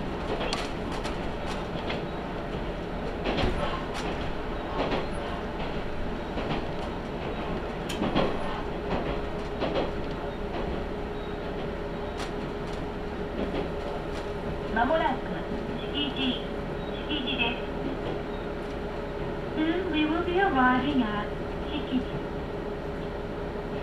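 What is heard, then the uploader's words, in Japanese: Inside a Tenryu Hamanako Railway train car, now fairly empty, a steady rumble of running carries a constant hum, with sharp clicks and knocks from the rails every few seconds. Brief voices speak around the fifteen and twenty second marks. 天竜浜名湖鉄道 天竜二俣→森町病院前→遠江一宮。天竜二俣でかなり降りて空いた車内。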